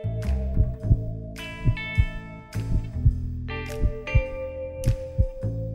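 Steady paired lub-dub thumps near 56 a minute over soft background music; normal heart sounds from a good-sounding adult heart.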